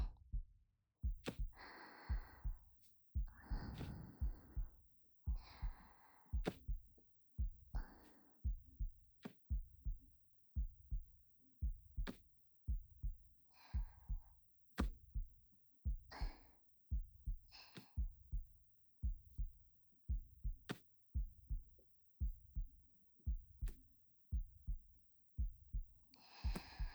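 Steady, regular low heartbeat thumps at about 57 a minute, heard close up, with slow soft breathing sounds between.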